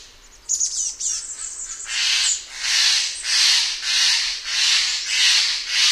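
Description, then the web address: Steller's jay opening with a dry, scratchy rattle, then several loud grating calls repeated steadily in a row. "Songs of Birds of North America Know Your Bird Sounds Common Western Species. Stellers Jay"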